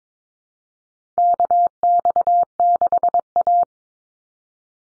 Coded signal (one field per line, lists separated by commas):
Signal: Morse code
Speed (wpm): 22 wpm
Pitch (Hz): 700 Hz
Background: none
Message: KX6A